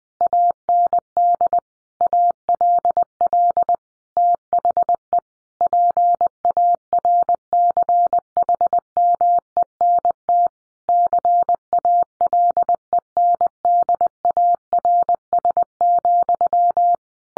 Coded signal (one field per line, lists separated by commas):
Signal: Morse code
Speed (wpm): 20 wpm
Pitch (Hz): 700 Hz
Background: none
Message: AND ALL THE PARCHMENT CALENDARS,